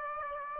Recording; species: mosquito wingbeat signal from an infrared sensor; Aedes aegypti